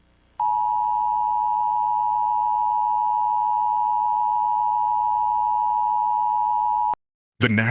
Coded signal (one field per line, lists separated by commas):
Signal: Emergency Alert System (SAME) tones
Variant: 853 and 960 Hz attention tone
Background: speech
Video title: EAS Scenario: The Powerpuff Girls